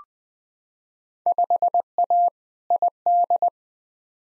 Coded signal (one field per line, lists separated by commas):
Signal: Morse code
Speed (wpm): 20 wpm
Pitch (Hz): 700 Hz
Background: none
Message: 5A ID